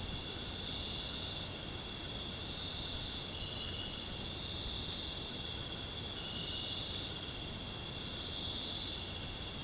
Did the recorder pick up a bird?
no